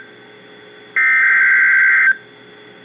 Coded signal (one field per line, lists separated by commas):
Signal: Emergency Alert System (SAME) tones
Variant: header bursts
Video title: Severe Thunderstorm Warning (EAS #1,897) - November 3, 2018